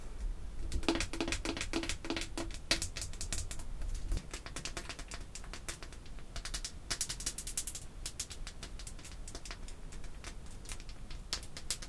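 Artificial fingernails tap on perfume bottles and lids in quick, dense bursts of sharp, bright clicks that run nearly nonstop. Flurries thicken around the first second, near three seconds, and from seven to eight seconds. A low hum sits underneath for the first four seconds.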